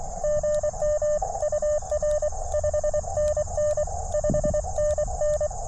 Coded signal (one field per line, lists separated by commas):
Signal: Morse code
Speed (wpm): 24 wpm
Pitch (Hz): 1800 Hz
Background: radio noise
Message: GM UR 5NN 5NN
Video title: K2EJT CW POTA at Mercereau Park? That's not a POTA park.....